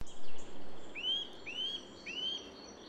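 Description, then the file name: Eurasian nuthatch call: three clear upward-sliding whistles in steady succession, after a low thump at the start. "Sitta europaea"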